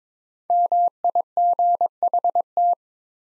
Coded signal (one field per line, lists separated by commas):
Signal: Morse code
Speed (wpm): 22 wpm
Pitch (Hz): 700 Hz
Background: none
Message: MIGHT